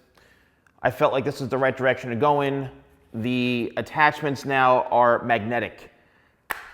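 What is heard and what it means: A man talks, then a single sharp snap at 6.5 s as the magnetic nozzle attachment seats onto the hair dryer barrel.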